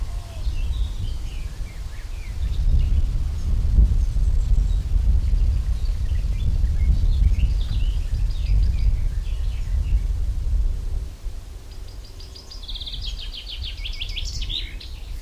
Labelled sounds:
Common Chaffinch song

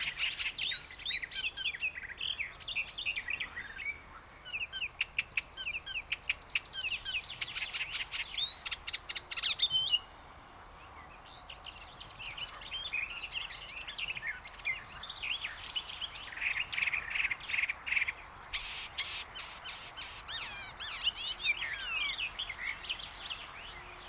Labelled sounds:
Icterine Warbler song

